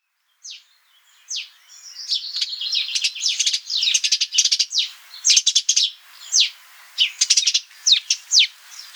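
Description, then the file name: House sparrow, sharp chirps that begin sparse and build into dense overlapping chattering, with short pauses between bursts. "Passer domesticus"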